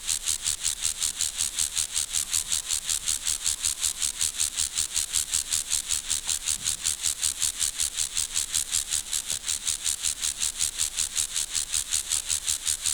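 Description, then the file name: Grasshopper stridulating, a steady series of hissing high-pitched rasps repeated between two and three times each second, unbroken throughout. "Chorthippus"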